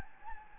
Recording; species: mosquito wingbeat signal from an infrared sensor; Anopheles gambiae